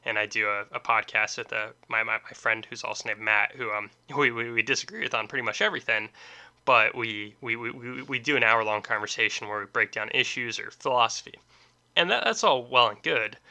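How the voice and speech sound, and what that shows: Adult man speaking with repeated whole words, up to four times running, and short pauses: stuttering, which he describes as stuttering and stammering.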